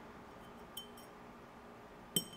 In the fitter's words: and they should snap right into place like this we're going to do the same thing here